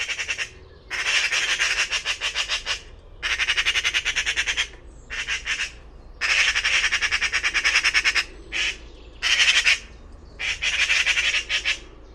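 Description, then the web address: Bird calls, loud harsh rasping bursts with a rapid pulsing texture, given in bouts of one to two seconds. Call class labelled "Pi Pi Pi Pi". "cianscape birddata Deverinetal 2025"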